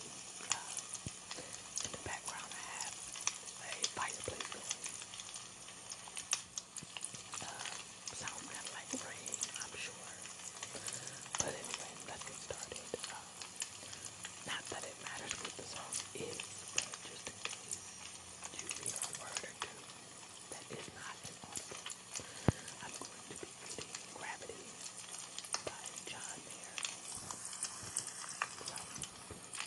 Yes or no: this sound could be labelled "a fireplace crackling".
yes